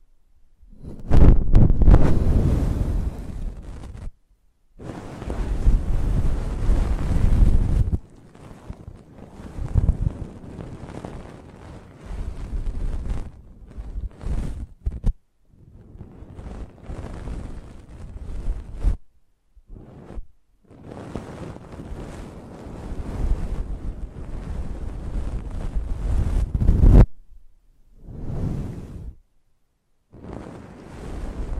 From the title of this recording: Close Up Mic Treatment